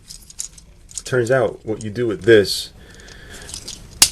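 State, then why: Released. A plastic release tab in the chest of a transforming robot action figure is pushed in while someone talks, with faint light plastic handling sounds. At 4.0 s it gives a loud, sharp snap that releases the figure's upper body for its spinning gimmick.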